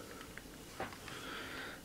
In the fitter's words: and slide it in like here into here until it locks into place.